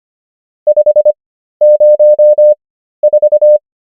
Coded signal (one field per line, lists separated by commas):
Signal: Morse code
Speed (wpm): 25 wpm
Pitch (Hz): 600 Hz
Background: none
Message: 504